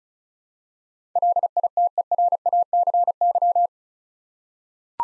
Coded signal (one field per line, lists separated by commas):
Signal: Morse code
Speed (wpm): 36 wpm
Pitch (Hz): 700 Hz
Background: none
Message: LITERACY